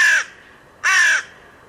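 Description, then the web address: Bird calls twice, harsh raspy caws each lasting a fraction of a second, with a short pause between. "cianscape. Deverinetal. Bird Only"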